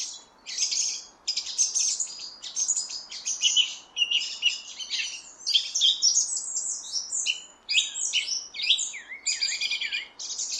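Song thrush singing a long, varied sequence of chirps, trills and falling whistles, broken by short gaps.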